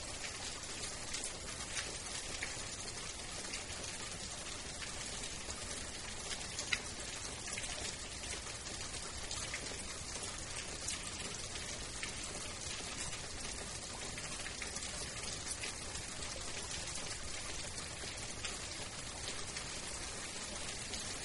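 Soft rain falls steadily and densely, a bright hiss with faint drops pattering throughout and one brief tap near seven seconds.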